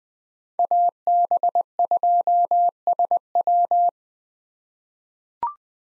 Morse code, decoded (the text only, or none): AB2SW